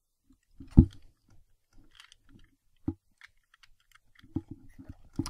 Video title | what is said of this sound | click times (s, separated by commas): Planet X Summanus (Not Snarl FoC Style) | there we go click | 5.3 s